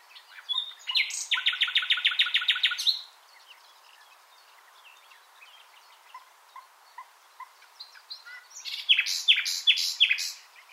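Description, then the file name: Common nightingale song: a rapid mechanical trill of repeated pulses, a quiet pause with faint notes, then another burst of loud varied phrases. "Luscinia megarhynchos"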